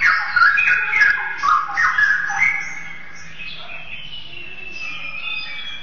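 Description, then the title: Oriental magpie-robin singing a loud run of varied whistled notes, then fading into softer, drawn-out thin phrases. "Kicau Kacer"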